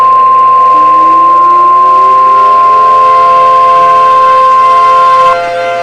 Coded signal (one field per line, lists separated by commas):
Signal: Emergency Alert System (SAME) tones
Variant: 1050 Hz attention tone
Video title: EAS SCENARIO #2 - Hyper Weather Disaster (REMASTERED)